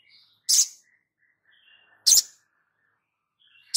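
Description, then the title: Spiderhunter calling with loud, piercing high chips about every one and a half seconds, thin soft whistles drifting between them. Masteran (training recording for cage birds), Labaik variant. "Sogok Ontong Labaik"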